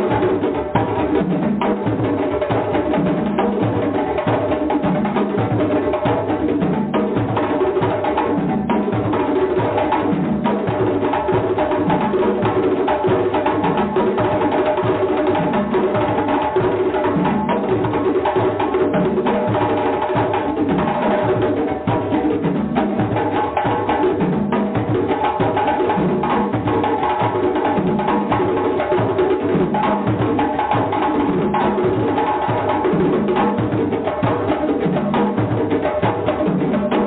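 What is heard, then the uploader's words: Drumming plays steadily for the whole stretch, a dense, unbroken pattern of low and mid-pitched hits repeating at a quick, regular pace. The loudness hardly changes throughout, and the sound is muffled, with no bright upper tones. DRUMMING SOUNDS,VIBRATION FREQUENCIES.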